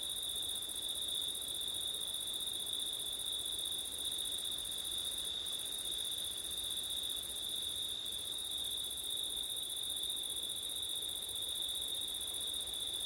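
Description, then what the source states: Steady massed cricket trilling in two high layers, the upper one pausing briefly twice, with wind rustle underneath. Crickets on a September night, with wind; ORTF stereo microphone setup.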